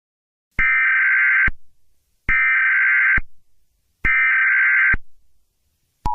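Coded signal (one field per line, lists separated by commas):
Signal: Emergency Alert System (SAME) tones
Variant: header bursts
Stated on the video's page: Fictional EAS scenario, not a real alert.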